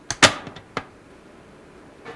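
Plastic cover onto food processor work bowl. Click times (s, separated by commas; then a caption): 0.1 s. A compact plastic cover is turned counterclockwise with both hands on a food processor work bowl and clicks into its locked position at 0.1 s. A louder clattering burst follows around 0.2 s, with another sharp click at 0.8 s and a soft rustle near the end. The cover is seated and locked.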